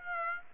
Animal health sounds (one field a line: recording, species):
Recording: mosquito wingbeat signal from an infrared sensor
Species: Aedes aegypti